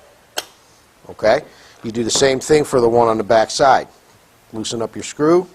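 A metal support arm on a Ridgid 141/161 geared pipe threader, being set up to mount the 141 onto a 300 power drive, is slid back after its collet's eighth-inch set screw is loosened with an Allen wrench. It gives a sharp click at 0.4 s as it seats in its stop position, and then someone talks.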